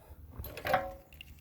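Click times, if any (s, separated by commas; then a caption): none. A metal fuel filler cap is handled at the neck of the fuel tank on a 2004 Yamaha XVS 125 Dragstar motorcycle, after the phone is set down because the cap is hard to close with one hand. Quiet handling noise builds to a brief cluster of bright metallic knocks around 0.7 s, then fades. Nothing has seated or closed yet.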